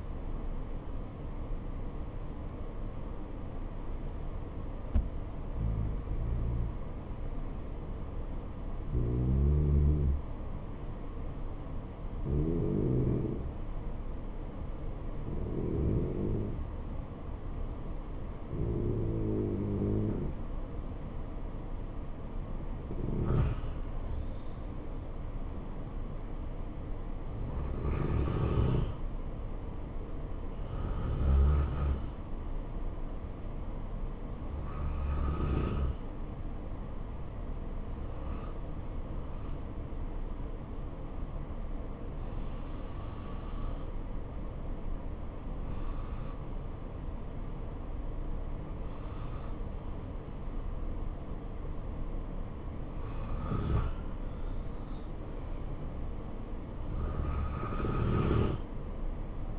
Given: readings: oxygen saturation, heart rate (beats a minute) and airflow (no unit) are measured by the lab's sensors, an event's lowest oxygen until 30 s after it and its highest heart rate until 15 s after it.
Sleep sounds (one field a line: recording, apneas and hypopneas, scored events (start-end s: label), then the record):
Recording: breathing in sleep by a smartphone at the bedside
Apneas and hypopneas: 2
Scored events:
5.00-29.30 s: hypopnea (N1, oxygen 94% highest, then 90% lowest, heart rate 77 at the start, 78 highest)
34.00-53.70 s: obstructive apnea (N1, oxygen 92% highest, then 88% lowest, heart rate 69 at the start, 72 highest)
43.00-59.59 s: new sleep stage, N2 (light sleep)
From the record:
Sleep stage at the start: N1 (lightest sleep)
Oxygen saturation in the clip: 90 to 94%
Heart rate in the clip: 68 to 80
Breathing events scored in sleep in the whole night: 277 in 7.4 hours asleep